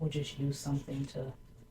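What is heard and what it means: A micro SD card is being handled at a camera's spring-loaded card slot, about to be pushed in with a small tool. Someone talks throughout. Nothing has seated or clicked yet.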